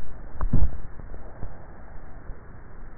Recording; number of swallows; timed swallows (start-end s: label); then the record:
swallowing sounds by neck microphone; 1
0.42-1.65 s: swallow
From the record:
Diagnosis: dysphagia